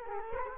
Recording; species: mosquito wingbeat signal from an infrared sensor; Culex quinquefasciatus